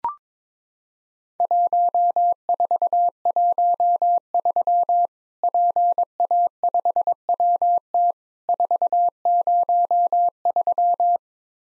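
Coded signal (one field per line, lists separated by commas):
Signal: Morse code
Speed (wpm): 22 wpm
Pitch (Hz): 700 Hz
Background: none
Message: 1413 PA5WT 403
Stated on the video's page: Worked All Europe DX Contest QTC exchange practice at 22wpm, each exchange sent in Morse, then spoken, then sent again.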